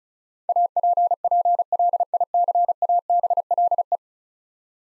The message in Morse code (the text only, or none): APPLICABLE